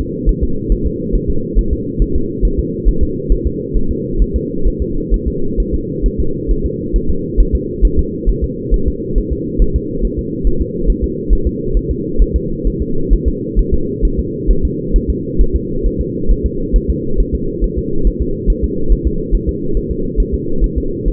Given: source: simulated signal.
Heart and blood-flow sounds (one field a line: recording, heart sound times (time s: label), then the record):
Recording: fetal heart sounds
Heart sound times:
0.00 s: S2
0.29 s: S1
0.44 s: S2
0.72 s: S1
0.86 s: S2
1.15 s: S1
1.30 s: S2
1.59 s: S1
1.73 s: S2
2.02 s: S1
2.16 s: S2
2.45 s: S1
2.59 s: S2
2.88 s: S1
3.03 s: S2
3.32 s: S1
3.47 s: S2
3.77 s: S1
3.91 s: S2
4.22 s: S1
4.36 s: S2
4.67 s: S1
4.82 s: S2
5.14 s: S1
5.28 s: S2
5.60 s: S1
5.74 s: S2
6.06 s: S1
6.20 s: S2
6.51 s: S1
6.66 s: S2
6.96 s: S1
7.10 s: S2
7.40 s: S1
7.55 s: S2
7.85 s: S1
7.99 s: S2
8.29 s: S1
8.44 s: S2
8.74 s: S1
8.88 s: S2
9.18 s: S1
9.32 s: S2
9.62 s: S1
9.76 s: S2
10.05 s: S1
10.19 s: S2
10.47 s: S1
10.61 s: S2
10.90 s: S1
11.04 s: S2
11.33 s: S1
11.47 s: S2
11.77 s: S1
11.91 s: S2
12.22 s: S1
12.36 s: S2
12.67 s: S1
12.82 s: S2
13.13 s: S1
13.28 s: S2
13.59 s: S1
13.74 s: S2
14.05 s: S1
14.19 s: S2
14.51 s: S1
14.65 s: S2
14.96 s: S1
15.10 s: S2
15.41 s: S1
15.56 s: S2
15.86 s: S1
16.01 s: S2
16.31 s: S1
16.46 s: S2
16.76 s: S1
16.90 s: S2
17.20 s: S1
17.35 s: S2
17.64 s: S1
17.78 s: S2
18.07 s: S1
18.22 s: S2
18.50 s: S1
18.64 s: S2
18.92 s: S1
19.07 s: S2
19.35 s: S1
19.49 s: S2
19.77 s: S1
19.91 s: S2
20.20 s: S1
20.34 s: S2
20.64 s: S1
20.78 s: S2
21.08 s: S1
From the record:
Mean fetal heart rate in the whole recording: 135 bpm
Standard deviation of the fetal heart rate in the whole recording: 3 bpm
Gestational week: 36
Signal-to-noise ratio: -8.1 dB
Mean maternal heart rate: 72 bpm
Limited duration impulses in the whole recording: absent